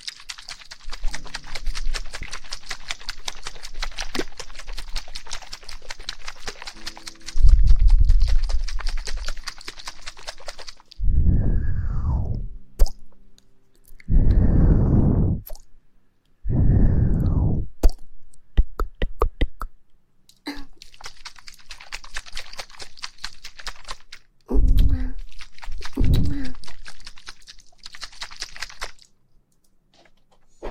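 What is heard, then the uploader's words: Close-up breathy blowing and kissing sounds right at the ear, with soft smacks and pops clustered early and quick clicking bursts. Around the middle come three strong, low, whooshing puffs of breath, then lighter kisses and two more puffs near the end. ASMR Blowing in the ear, kissing in the ear.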